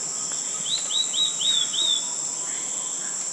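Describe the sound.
Rose-breasted chat calls: five quick slurred notes in a rapid burst, each arching and falling slightly, over a steady high drone.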